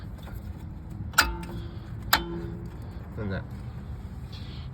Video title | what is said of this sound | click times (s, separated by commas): 1998 to 2011 Lincoln Town car rear brake pad replacement. | and that snaps into place | 1.2 s, 2.1 s